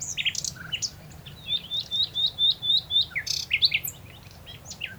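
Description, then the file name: Common nightingale song: rich varied phrases of whistles, chirps and a fast run of repeated rising notes, with scattered sharp high clicks. "Luscinia megarhynchos"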